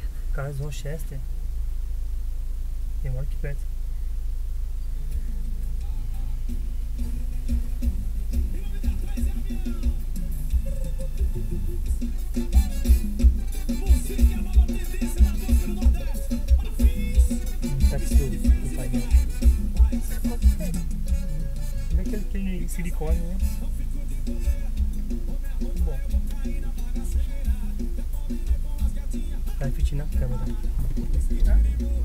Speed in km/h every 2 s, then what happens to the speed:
1, 0, 0, 0, 0, 0, 0, 0, 0, 0, 0, 0, 0, 0, 0, 0.
0-32 standing.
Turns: none.